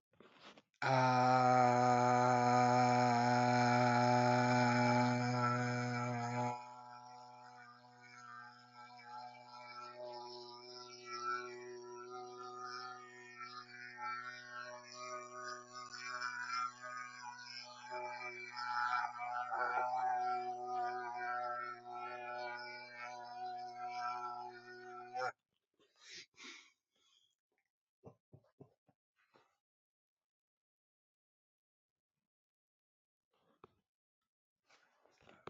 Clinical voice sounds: vowel held as long as possible; male; 30 to 39 years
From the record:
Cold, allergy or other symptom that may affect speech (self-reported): no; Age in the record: 34 years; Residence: Massachusetts, United States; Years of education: 12

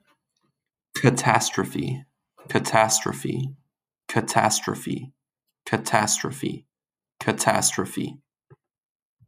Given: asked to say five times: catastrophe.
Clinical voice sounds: repeated word; male; 30 to 39 years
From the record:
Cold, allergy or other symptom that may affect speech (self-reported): no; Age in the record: 30 years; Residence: Maryland, United States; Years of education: 16

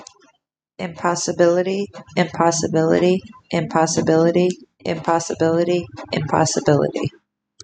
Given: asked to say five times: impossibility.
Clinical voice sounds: repeated word; female; 30 to 39 years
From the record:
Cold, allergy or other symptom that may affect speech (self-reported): no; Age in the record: 31 years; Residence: Iowa, United States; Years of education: 13

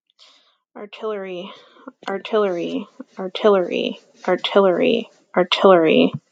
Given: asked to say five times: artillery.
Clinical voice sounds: repeated word; female; 40 to 49 years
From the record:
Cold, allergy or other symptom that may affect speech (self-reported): no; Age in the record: 41 years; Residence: Arizona, United States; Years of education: 16

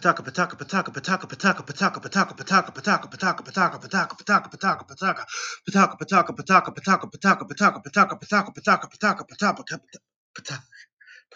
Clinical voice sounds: repeated syllables /pa ta ka/; male; 20 to 29 years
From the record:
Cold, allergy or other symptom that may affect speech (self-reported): no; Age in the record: 22 years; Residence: Maryland, United States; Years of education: 13

